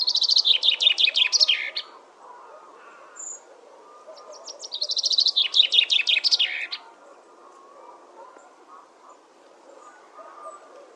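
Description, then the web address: Common chaffinch song: two bright, rapid descending trills, each ending in a short flourish, about four seconds apart, over a quiet low background. "Deverinetal 2025 File origin Bird Only Fr Co"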